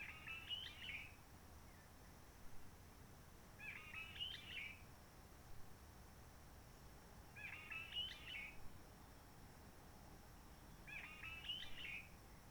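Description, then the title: Réunion bulbul song repeated about every four seconds: four similar scratchy, twittering phrases over steady low noise and a faint high hum. Roche Merveilleuse, Réunion; forest quiet since the 19 March 2020 lockdown, no hikers, microlights or helicopters; sunny blue sky; birds not very active; song simpler, short phrases, adapted to past aircraft noise. "Roche Merveilleuse, Réunion - Merle de lîle de la Réunion."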